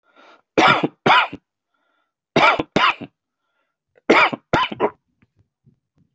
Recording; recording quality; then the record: heavy voluntary cough; excellent, no background noise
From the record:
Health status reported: healthy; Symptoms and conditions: diabetes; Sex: male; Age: 50 years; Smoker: not ticked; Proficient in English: yes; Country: United States